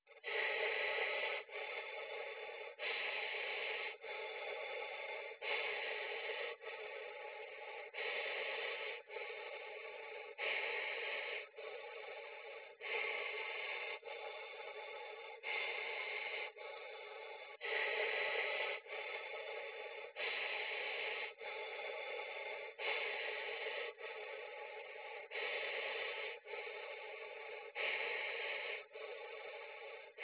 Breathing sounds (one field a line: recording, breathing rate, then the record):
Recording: paced breathing near a phone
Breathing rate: 24 breaths a minute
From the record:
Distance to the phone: 20 cm